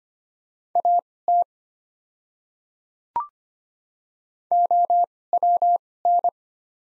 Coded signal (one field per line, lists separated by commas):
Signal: Morse code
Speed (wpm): 25 wpm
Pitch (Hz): 700 Hz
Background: none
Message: AT OWN